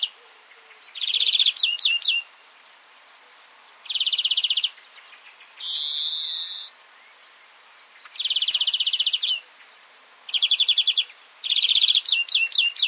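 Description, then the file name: European greenfinch song of fast rattling trills broken by one drawn-out wheezy buzz and bursts of sharp high notes, phrases every couple of seconds. "Chloris chloris"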